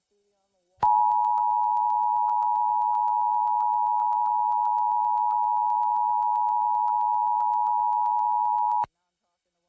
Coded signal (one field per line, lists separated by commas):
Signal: Emergency Alert System (SAME) tones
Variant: 853 and 960 Hz attention tone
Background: speech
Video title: [REUPLOAD] EAS #67: Severe Thunderstorm Warning (KTVO-DT1 Relay)